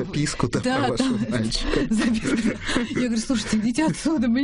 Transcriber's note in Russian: смеется